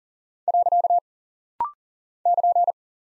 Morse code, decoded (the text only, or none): . <KN>